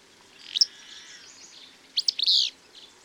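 Short burst of bird song: a high chirp followed by a loud harsh chattering phrase.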